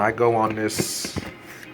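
Someone talks while a magazine is pushed toward the magazine coupler clip on a modded Extar EXP 556 AR-15 pistol, with brief handling rustles and a faint tick near the end. Nothing has seated or clicked yet.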